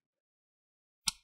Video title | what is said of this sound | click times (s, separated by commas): How to Upgrade Storage (SSD/HDD) on Dell G5 5590 (Reg. P82f) Laptop - Step-by-Step | now we're gonna loosen up the two screws at the back until you hear another click | 1.1 s